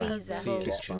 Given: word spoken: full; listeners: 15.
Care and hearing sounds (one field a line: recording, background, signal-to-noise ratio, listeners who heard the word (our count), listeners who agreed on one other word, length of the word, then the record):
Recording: one English word in noise, from a listening test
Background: four-talker babble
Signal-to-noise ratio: -2.7 dB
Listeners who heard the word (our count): 1 of 15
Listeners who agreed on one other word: 8 of 15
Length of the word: 0.59 s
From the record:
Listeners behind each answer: 8, 2, 2, 1, 1, 1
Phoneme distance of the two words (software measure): 37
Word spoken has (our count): 1 syllable, 3 phonemes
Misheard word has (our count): 2 syllables, 4 phonemes, stress on syllable 1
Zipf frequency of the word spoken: 5.40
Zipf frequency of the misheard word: 3.65